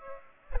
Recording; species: mosquito wingbeat signal from an infrared sensor; Aedes aegypti